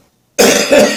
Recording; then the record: coughing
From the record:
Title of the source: Spring Cold Coughing 3